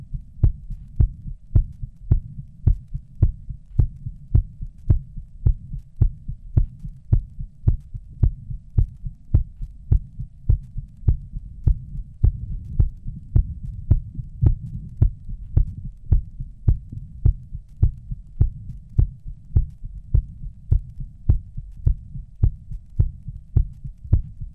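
Adult heartbeat, recorded after 20 minutes, with steady, fairly regular beats at about 107 per minute over a low, throbbing hum.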